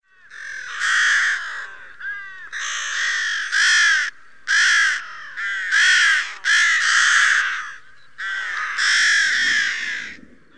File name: Corvus Frugilegus